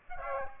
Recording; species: mosquito wingbeat signal from an infrared sensor; Aedes aegypti